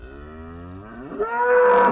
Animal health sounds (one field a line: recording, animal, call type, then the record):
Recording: contact call of a hoofed animal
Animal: cattle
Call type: low-frequency (closed-mouth) or high-frequency (open-mouth) call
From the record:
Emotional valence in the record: negative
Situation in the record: full separation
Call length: 1.92 s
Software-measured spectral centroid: 1330 Hz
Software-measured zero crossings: 1160 a second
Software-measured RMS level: -21 dBFS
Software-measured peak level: -8 dBFS